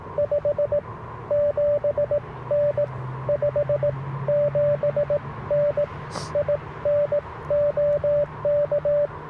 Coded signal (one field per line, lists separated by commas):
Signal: Morse code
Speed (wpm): 18 wpm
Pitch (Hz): 580 Hz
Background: radio noise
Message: 57N 57N IN OK